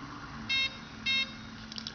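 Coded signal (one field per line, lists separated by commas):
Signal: beep code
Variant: Align ESC motor beeps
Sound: two short buzzy electronic beeps, evenly spaced, over a low hum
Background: low hum, faint chirps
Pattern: 2 short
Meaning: Item 2 is programmed to the mid-stick setting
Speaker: if you program it on a mid stick it's going to be two beeps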